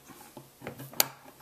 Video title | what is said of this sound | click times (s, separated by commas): Smith and Wesson Model 29 .44 Magnum Detailed Disassembly | okay you can hear it popped out so | 1.0 s